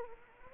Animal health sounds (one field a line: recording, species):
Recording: mosquito wingbeat signal from an infrared sensor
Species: Anopheles arabiensis